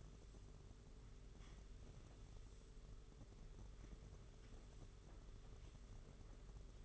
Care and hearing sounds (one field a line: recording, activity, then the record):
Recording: daily activity, microphone in the room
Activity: sweep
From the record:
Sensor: 4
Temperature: 27.1 degrees Celsius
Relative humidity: 38.3%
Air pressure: 992.2 hPa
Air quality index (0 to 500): 110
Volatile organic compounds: 18 ppm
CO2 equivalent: 2631 ppm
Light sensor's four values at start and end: 23/79/29/31 and 23/79/29/31